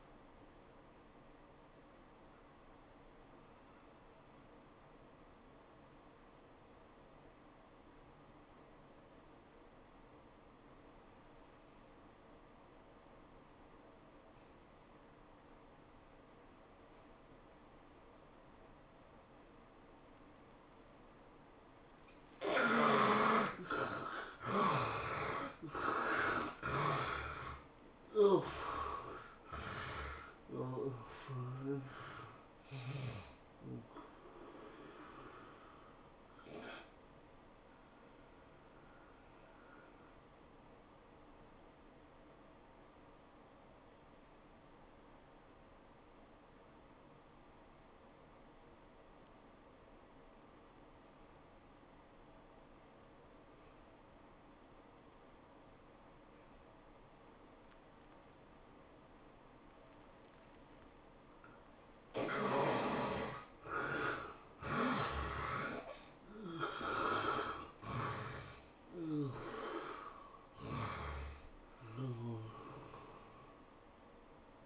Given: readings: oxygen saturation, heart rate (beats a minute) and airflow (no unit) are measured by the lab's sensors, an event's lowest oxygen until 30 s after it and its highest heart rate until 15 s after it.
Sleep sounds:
breathing in sleep by a voice recorder at the bedside; 2
0.00-4.00 s: awake
4.00-23.30 s: obstructive apnea (N1, oxygen 97% highest, then 72% lowest, heart rate 94 at the start, 106 highest)
41.00-62.80 s: obstructive apnea (N1, oxygen 96% highest, then 72% lowest, heart rate 86 at the start, 106 highest)
49.00-74.66 s: new sleep stage, N2 (light sleep)
From the record:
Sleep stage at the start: N1 (lightest sleep); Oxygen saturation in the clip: 72 to 97%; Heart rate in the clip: 74 to 106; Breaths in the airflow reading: 9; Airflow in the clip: -16.5 to 14.6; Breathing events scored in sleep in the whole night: 403 in 5.5 hours asleep

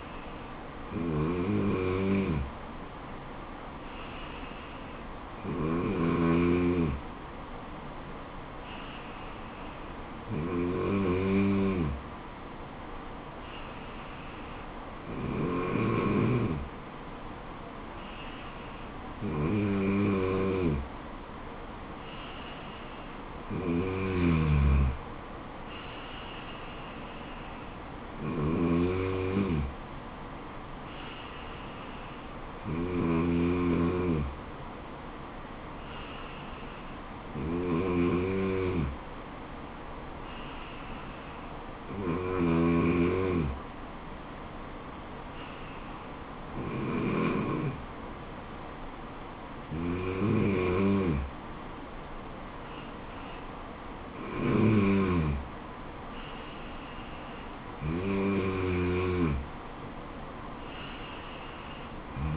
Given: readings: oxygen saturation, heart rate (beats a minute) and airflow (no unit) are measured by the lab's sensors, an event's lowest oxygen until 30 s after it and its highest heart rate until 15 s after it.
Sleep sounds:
breathing in sleep by a voice recorder at the bedside; none
42.00-62.37 s: new sleep stage, N3 (deep sleep)
From the record:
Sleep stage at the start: N2 (light sleep); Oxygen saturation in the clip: 94 to 95%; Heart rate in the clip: 68 to 77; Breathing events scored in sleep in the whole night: 426 in 7.4 hours asleep

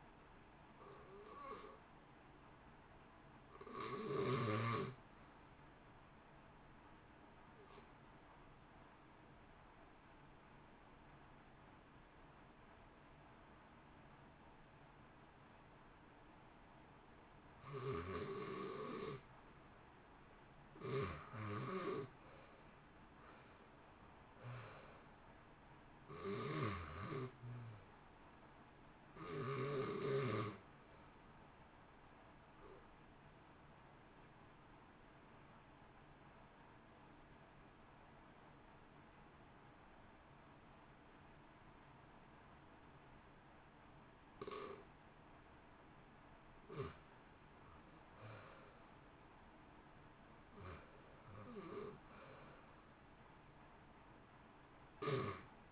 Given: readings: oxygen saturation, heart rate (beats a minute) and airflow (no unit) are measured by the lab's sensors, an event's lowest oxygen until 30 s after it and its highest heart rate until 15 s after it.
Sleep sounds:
breathing in sleep by a voice recorder at the bedside; 2
3.00-20.80 s: hypopnea (REM, oxygen 95% highest, then 78% lowest, heart rate 65 at the start, 74 highest)
35.00-50.30 s: hypopnea (REM, oxygen 83% highest, then 77% lowest, heart rate 55 at the start, 66 highest)
From the record:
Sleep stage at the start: REM sleep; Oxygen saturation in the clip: 77 to 95%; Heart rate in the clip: 53 to 74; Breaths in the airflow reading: 16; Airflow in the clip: -1.3 to 2.0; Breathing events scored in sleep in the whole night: 328 in 6.3 hours asleep

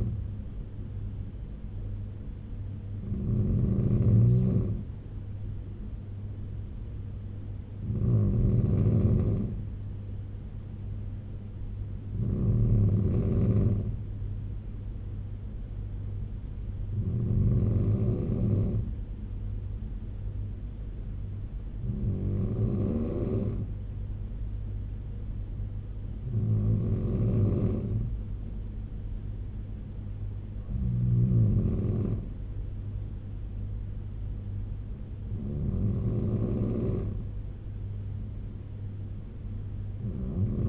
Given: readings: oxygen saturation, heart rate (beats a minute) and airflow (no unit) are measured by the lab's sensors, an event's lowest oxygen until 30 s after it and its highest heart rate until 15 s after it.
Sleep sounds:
breathing in sleep by a smartphone at the bedside; none
none scored
From the record:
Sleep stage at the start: N3 (deep sleep); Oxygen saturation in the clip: 94 to 95%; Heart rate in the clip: 67 to 74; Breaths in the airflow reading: 8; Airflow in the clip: -4.2 to 4.1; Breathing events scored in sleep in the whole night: 201 in 6.5 hours asleep

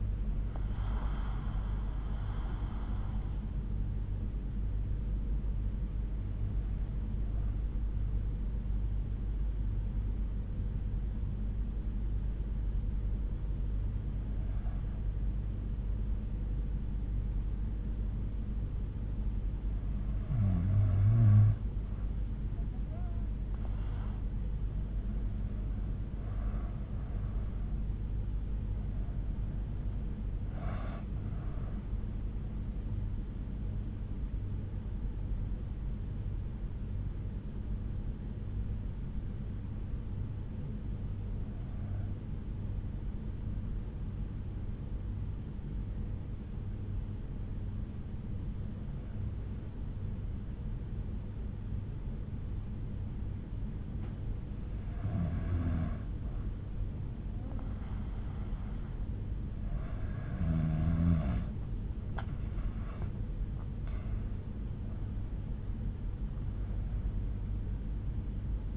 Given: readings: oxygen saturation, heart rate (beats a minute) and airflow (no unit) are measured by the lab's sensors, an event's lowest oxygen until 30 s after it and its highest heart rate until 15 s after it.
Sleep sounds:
breathing in sleep by a smartphone at the bedside; 2
4.00-26.70 s: hypopnea (N2, oxygen 95% highest, then 92% lowest)
40.00-60.30 s: hypopnea (N2, oxygen 95% highest, then 92% lowest)
51.00-68.77 s: new sleep stage, N1 (lightest sleep)
From the record:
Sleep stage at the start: N2 (light sleep); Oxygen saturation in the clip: 91 to 96%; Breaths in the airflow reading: 10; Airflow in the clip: -9.4 to 8.3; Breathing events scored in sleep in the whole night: 368 in 8.0 hours asleep

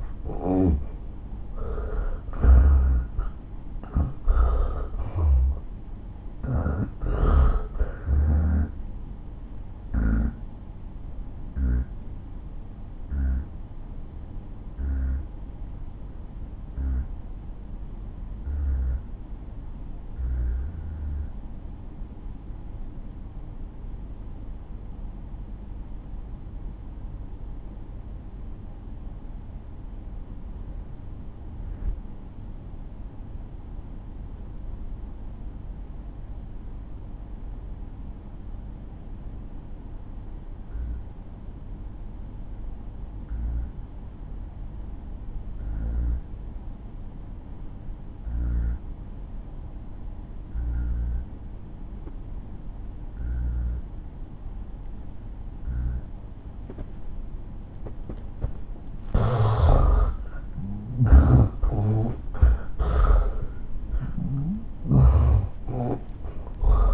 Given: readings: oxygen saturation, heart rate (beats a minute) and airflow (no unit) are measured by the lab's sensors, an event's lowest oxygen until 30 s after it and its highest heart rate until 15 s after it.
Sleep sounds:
breathing in sleep by a smartphone at the bedside; 1
6.00-57.30 s: hypopnea (N1, oxygen 92% highest, then 78% lowest)
8.00-66.94 s: new sleep stage, N2 (light sleep)
From the record:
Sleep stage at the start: N1 (lightest sleep); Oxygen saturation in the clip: 75 to 92%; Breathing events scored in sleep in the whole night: 217 in 6.3 hours asleep

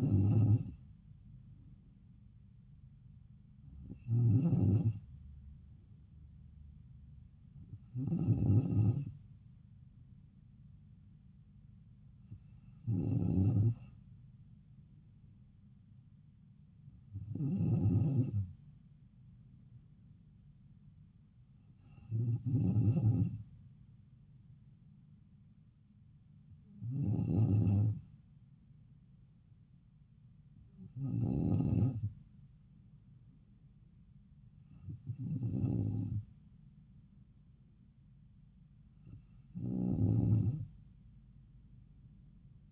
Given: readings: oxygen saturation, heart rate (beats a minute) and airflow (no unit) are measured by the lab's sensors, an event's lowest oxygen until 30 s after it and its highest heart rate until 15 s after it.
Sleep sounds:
breathing in sleep by a smartphone at the bedside; none
none scored
From the record:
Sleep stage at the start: N2 (light sleep); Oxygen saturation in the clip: 94%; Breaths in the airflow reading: 10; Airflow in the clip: -3.3 to 2.8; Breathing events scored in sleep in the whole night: 270 in 6.1 hours asleep

